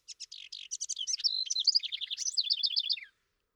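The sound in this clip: House wren song, one continuous rapid cascade of buzzy chatters and bubbly trilled notes lasting about three seconds.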